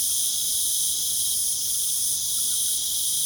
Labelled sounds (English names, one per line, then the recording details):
none
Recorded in pastures near Puerto Asís, Putumayo, Colombia, on 25 June 2025 at 20:30
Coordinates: 0.497, -76.327
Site G040